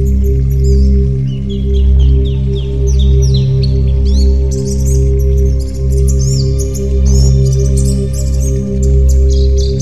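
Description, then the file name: White-eye song of high sliding notes and sharp chirps in irregular bursts, with a low hum behind. White-eye 'terapi' (therapy) song. "terapi pleci"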